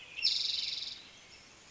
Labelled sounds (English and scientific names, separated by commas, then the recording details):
Spotted Towhee (Pipilo maculatus)
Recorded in Sonoma County, California